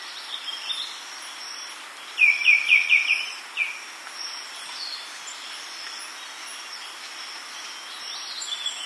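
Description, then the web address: White-winged becard giving a brief run of several falling whistled notes, then one more, amid steady insect buzzing and background hiss. Ecuador. "Natures Songs S America Birds of Ecuador White-winged Becard"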